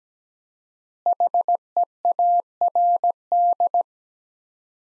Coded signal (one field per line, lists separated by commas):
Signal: Morse code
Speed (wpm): 17 wpm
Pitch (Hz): 700 Hz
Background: none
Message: HEARD